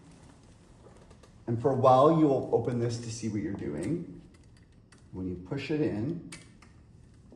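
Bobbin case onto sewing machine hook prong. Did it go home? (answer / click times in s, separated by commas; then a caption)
no / none. Someone talks while a bobbin case is handled beneath a JUKI industrial sewing machine, being reached underneath and pushed toward the metal hook prong, with a few faint taps and rustles. Nothing has seated or clicked yet.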